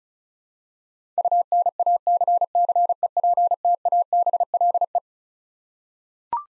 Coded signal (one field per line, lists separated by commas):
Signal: Morse code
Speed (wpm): 36 wpm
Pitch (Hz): 700 Hz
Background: none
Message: UNACCEPTABLE